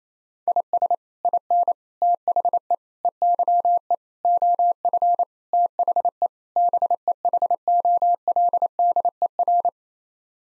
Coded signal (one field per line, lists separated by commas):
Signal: Morse code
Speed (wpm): 28 wpm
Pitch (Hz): 700 Hz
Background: none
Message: IS IN THE EYE OF THE BEHOLDER